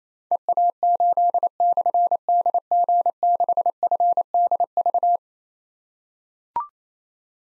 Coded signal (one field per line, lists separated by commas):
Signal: Morse code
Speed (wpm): 29 wpm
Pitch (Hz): 700 Hz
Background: none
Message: EA8/DG6FDV